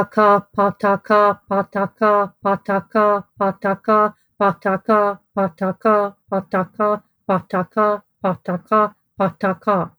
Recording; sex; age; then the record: repeated syllables /pa ta ka/; female; 40 to 49 years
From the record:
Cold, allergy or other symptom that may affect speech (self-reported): no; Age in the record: 40 years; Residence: United States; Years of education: 14